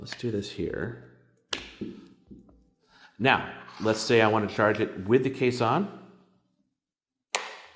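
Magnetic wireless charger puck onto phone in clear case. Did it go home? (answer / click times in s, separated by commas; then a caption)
yes / 7.3 s. A magnetic wireless charging puck is placed on the back of an iPhone 12 in a clear plastic case with a magnetic ring. Someone talks, then the puck snaps on with a single sharp click at 7.4 s, seating firmly with the case on.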